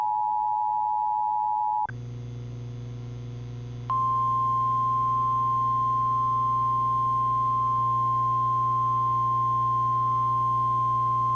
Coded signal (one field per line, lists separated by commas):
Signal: Emergency Alert System (SAME) tones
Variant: 853 and 960 Hz attention tone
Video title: EAS 2669: Tennessee Amber Alert